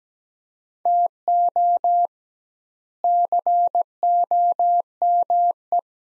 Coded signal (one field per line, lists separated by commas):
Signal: Morse code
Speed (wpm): 17 wpm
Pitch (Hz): 700 Hz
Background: none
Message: TO COME